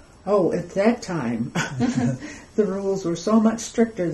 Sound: laughs

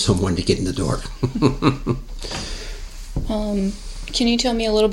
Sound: laughs

